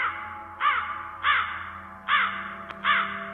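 Several black crows suddenly flap their wings and fly up from tall tree branches around a cemetery, giving four harsh, raspy caws in an uneven series, each a short loud burst over a low steady hum, with a single sharp click just before the last caw.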